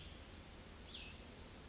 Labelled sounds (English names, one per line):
Cassin's Vireo